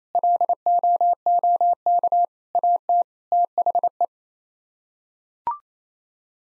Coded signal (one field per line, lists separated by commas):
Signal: Morse code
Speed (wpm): 28 wpm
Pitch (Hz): 700 Hz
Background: none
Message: LOOK AT THE